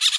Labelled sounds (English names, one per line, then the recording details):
Brown-throated Parakeet contact call
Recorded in Bonaire
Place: just S of turnoff to Cai, near Lac Bay
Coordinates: 12.126, -68.239